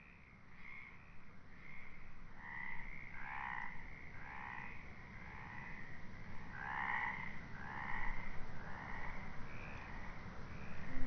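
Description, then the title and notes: Frogs croaking, a steady series of throaty bursts that grows louder toward the end. Frogs calling at night in the Marais Doux d'Aytré marsh, 25/03/2020 at 22:30, during COVID lockdown. "Marais Doux d'Aytré. Seul au milieu des courageuses grenouilles"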